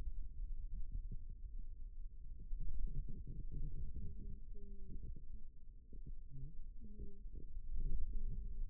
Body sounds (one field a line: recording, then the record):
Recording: forearm muscle sounds (acoustic myography)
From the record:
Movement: ulnar deviation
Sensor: system 2, bracelet of six BSWA MPA416 microphones around the upper forearm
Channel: 3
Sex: male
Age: 22 years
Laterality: right